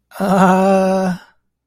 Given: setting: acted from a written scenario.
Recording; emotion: vocal sound without words; embarrassment